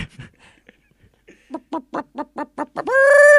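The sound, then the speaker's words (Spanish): A chicken clucks in a quick, even run of about seven short clucks, then lets out a loud, drawn-out high squawk. Faint rustling and murmurs precede the clucking. “¿Un gallina?”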